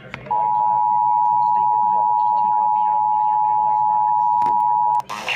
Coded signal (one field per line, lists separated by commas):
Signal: Emergency Alert System (SAME) tones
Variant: 853 and 960 Hz attention tone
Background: speech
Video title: some EAS alert not too much ¯\_(ツ)_/¯ | EAS #38 - 52